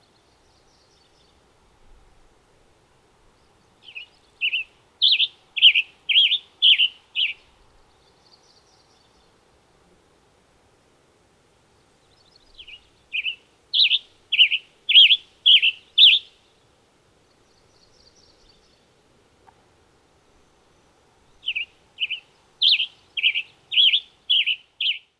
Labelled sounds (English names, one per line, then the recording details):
Western Tanager song
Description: Western Tanager song recorded on the Bridal Veil Falls Trail in Rocky Mountain National Park
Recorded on 22 June 2015